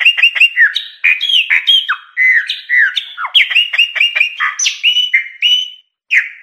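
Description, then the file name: Chopi blackbird singing a rapid string of liquid whistled notes mixed with harsh squawks and clicks, slurring up and down. "Pássaro-preto"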